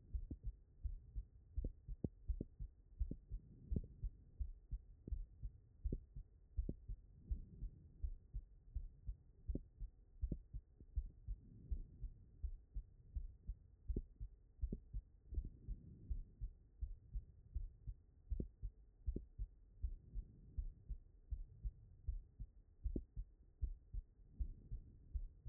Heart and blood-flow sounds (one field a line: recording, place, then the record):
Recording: heart sounds by stethoscope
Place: pulmonary valve (PV)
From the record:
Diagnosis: non-HFrEF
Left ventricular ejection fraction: 58%